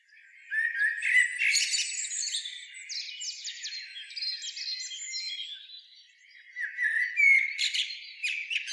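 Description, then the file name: Eurasian blackbird singing dense twittering phrases, loud near the start, quieter mid-way, then loud again near the end. "Turdus merula"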